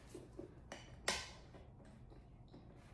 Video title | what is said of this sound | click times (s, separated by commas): BOBA DESIGNS - How to Rewire a Vintage Lamp | Now it's snapping. | 0.7 s, 1.1 s